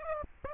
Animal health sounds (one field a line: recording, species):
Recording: mosquito wingbeat signal from an infrared sensor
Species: Aedes aegypti